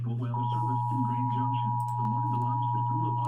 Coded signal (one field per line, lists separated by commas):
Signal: Emergency Alert System (SAME) tones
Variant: 853 and 960 Hz attention tone